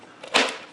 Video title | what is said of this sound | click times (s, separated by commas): WOW! Seesii WH700 Cordless Brushless 1/2" Impact Wrench, 479 Ft-lbs, w/2x4AH Batteries-HIGH TORQUE! | So, let's take this battery and we're going to slide it till it locks in place. | 0.2 s